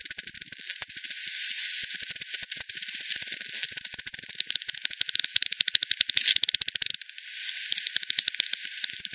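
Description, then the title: Bat echolocation calls, crackling click trains that speed into tight rattling runs, with a short quieter gap near seven seconds. Multiple bats at Hogsmill River, Hogsmill Lane, 7 October 2020, 18:10 UTC; recorded via frequency division by ten, band-pass filtered, resampled. "bat 20201007 T 18 : 10 Z-Hogsmill-Lane-Hogsmill-River-multiple-bats"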